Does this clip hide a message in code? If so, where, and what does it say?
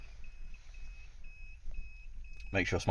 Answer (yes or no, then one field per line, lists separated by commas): no